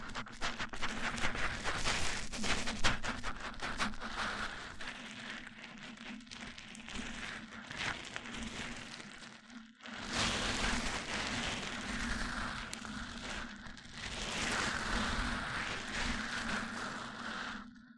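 Mic-on-mic rubbing and tapping makes a dense, crackly rustle like rain on a surface, with a steady low hum underneath. The scratching runs almost without a break, cuts out briefly near ten seconds, then returns in louder, softer swells.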